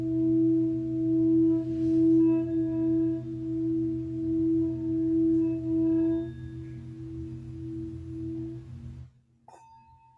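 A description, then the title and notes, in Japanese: A singing bowl rings with a steady, humming tone, its low layered pitches pulsing slowly and a bright clear tone floating above. Around six seconds the upper ring fades, and near nine seconds the hum drops away, leaving a faint high tone at the end. 春分 メキシコから シンギングボウルのサウンドヒーリング。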